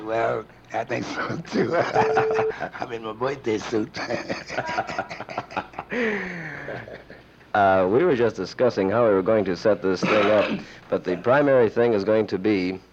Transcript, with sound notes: Well, I think so, too. I’m in my birthday suit! [LAUGHING]
We were just discussing how we were going to set this thing up, but the primary thing is going to be,